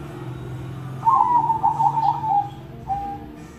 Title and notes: Kupulan Burung Perkutut. burung perkutut yang bisa digunakan untuk memaster